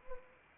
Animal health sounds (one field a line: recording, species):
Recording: mosquito wingbeat signal from an infrared sensor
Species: Anopheles arabiensis